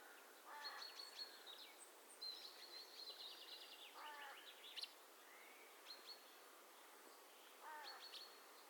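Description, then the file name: Eurasian nuthatch calling: harsh, buzzy notes in three short bursts spaced a few seconds apart, with thin high notes over a steady background hiss. "Sitta europaea"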